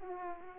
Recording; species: mosquito wingbeat signal from an infrared sensor; Aedes aegypti